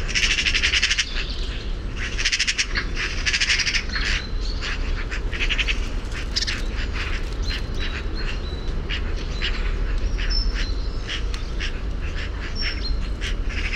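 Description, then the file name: Eurasian magpie chattering: a dry, fast rattle at the start, then broken harsh notes and brief thin squeaks, with constant low background rumble. "Pica pica"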